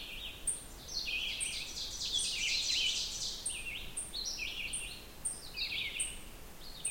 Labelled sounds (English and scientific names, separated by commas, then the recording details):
Ovenbird (Seiurus aurocapilla) song
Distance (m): 50 m
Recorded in boreal forest in Alberta, Canada, on 16 June 2016 at 08:05
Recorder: SongMeter 3, array SBT-3-32
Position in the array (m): 142 m, 27 m
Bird 36